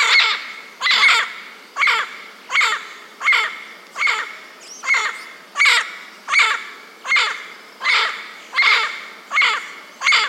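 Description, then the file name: Bird repeating a single harsh, rasping call at a steady pace, roughly every three-quarters of a second throughout. "SABIOD 50 bird 2015 SP 35"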